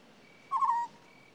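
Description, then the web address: African scops owl uttering a single brief trilled purr, with a faint high insect hum behind it. "BBC Sound Effects Library - Animals and Birds African Scops Owl"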